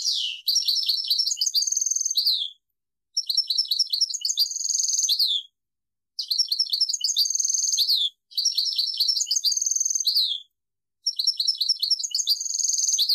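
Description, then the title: European goldfinch song: five bursts of rapid, tinkling twitters and buzzy trills, each about two seconds long, with short silent gaps between them. "Chant Chardonneret"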